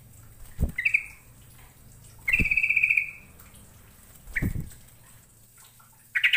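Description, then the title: Bird song: buzzy rapid trills, one long and several short, repeatedly accompanied by low dull thumps. "Kicau Burung"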